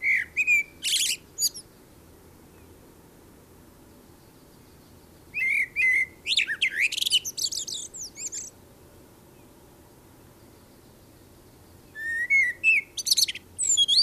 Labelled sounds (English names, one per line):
Common Blackbird song